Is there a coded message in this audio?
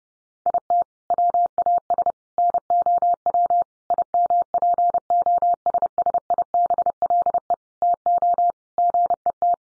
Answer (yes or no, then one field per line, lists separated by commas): yes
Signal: Morse code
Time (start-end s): 0.5-9.5 s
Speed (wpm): 30 wpm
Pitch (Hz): 700 Hz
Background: none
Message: IT WAS NOW IMPOSSIBLE TO GET